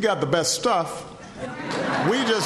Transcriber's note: laughter